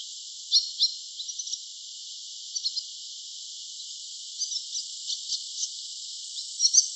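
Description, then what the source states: Barn swallow twittering, scattered short high chirps and trills in small bursts with gaps between them, over a faint steady hiss. Recorded 17 June 2018.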